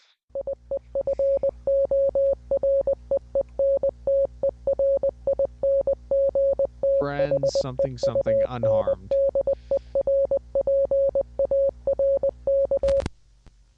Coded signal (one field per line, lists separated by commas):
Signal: Morse code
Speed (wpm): 20 wpm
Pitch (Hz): 550 Hz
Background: speech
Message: IE FORE ENTERING THE UNDERPARK